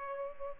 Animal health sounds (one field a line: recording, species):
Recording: mosquito wingbeat signal from an infrared sensor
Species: Culex pipiens